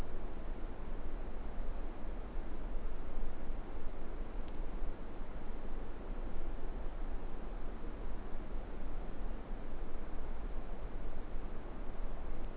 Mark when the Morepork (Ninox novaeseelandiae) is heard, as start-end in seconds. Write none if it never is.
none